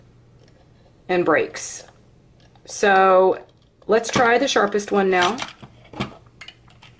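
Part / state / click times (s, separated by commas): pencil clamp carriage into crank pencil sharpener body / seated / 6.4 s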